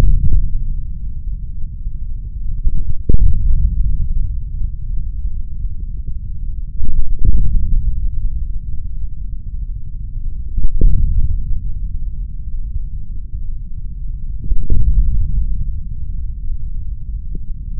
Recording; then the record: forearm muscle sounds (acoustic myography)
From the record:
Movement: hand opening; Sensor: system 3, bracelet of six PUI Audio POM-2738L microphones around the upper forearm, with dedicated amplification and filtering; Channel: 1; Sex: male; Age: 26 years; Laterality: right